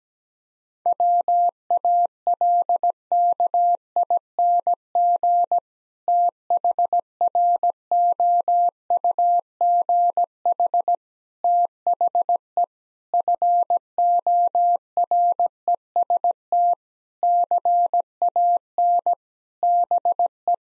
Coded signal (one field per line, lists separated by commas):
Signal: Morse code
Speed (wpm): 17 wpm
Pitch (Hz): 700 Hz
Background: none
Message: WALKING THROUGH THE FOREST CAN BE